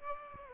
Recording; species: mosquito wingbeat signal from an infrared sensor; Aedes aegypti